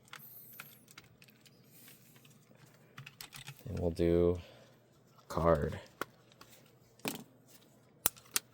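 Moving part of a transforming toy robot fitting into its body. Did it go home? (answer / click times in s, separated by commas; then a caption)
yes / 8.1 s. A moving part of a metal Cardbot Blion transforming toy robot is pressed into the toy's body while someone talks, with light handling taps and clicks throughout. The part snaps into place with a sharp click at 8.1 s, followed by another click at 8.4 s, and it is seated.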